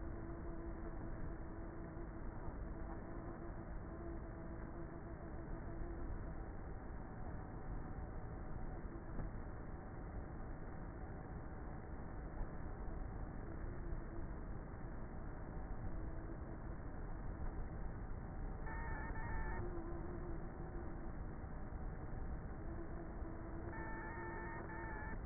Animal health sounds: honeybee colony, microphone inside the hive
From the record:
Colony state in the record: queenless with a low population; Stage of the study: before two queens were removed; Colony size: about 30,000 bees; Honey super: no

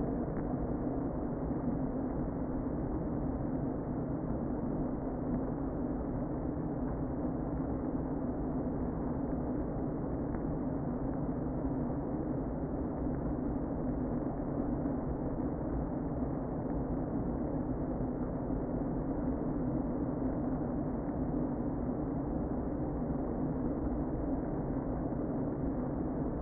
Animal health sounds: honeybee colony, microphone inside the hive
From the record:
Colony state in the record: queen present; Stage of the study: before two queens were removed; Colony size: about 60,000 bees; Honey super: yes

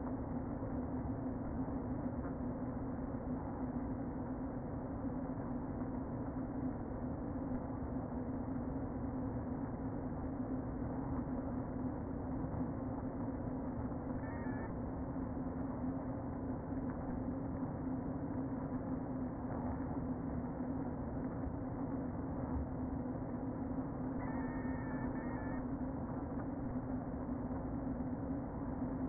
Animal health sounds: honeybee colony, microphone inside the hive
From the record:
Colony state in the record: queen present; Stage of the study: before two queens were removed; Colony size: about 60,000 bees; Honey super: yes

